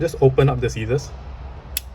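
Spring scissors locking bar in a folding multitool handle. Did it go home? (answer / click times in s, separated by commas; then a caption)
yes / 1.8 s. Spring scissors on a folding multitool are opened and pushed into the handle until the locking bar engages, seating with a sharp click at 1.8 s. Someone talks through the first second, and it is quieter before the click.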